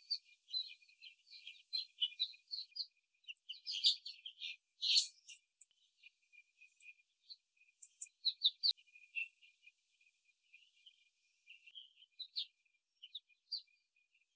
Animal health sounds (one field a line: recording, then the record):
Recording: young laying hens in a cage, short pieces joined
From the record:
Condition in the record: after the stressor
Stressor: simulated dog barking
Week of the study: 3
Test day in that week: 1